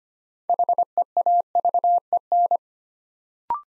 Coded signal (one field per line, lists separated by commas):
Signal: Morse code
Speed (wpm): 25 wpm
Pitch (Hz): 700 Hz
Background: none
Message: HEAVEN